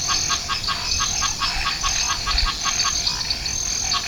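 Banana frog giving quick repeated clicky pulses in a steady train, over a constant high-pitched background drone.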